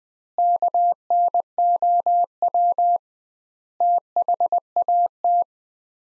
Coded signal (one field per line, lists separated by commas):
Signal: Morse code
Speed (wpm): 21 wpm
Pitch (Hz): 700 Hz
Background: none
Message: KNOW THAT